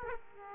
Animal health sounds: mosquito wingbeat signal from an infrared sensor; Aedes aegypti

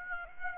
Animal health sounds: mosquito wingbeat signal from an infrared sensor; Aedes aegypti

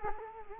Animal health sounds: mosquito wingbeat signal from an infrared sensor; Culex quinquefasciatus

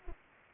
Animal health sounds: mosquito wingbeat signal from an infrared sensor; Anopheles arabiensis

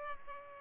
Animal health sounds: mosquito wingbeat signal from an infrared sensor; Culex pipiens

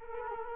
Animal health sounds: mosquito wingbeat signal from an infrared sensor; Culex quinquefasciatus

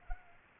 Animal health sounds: mosquito wingbeat signal from an infrared sensor; Culex pipiens

